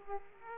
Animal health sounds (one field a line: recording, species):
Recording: mosquito wingbeat signal from an infrared sensor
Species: Aedes aegypti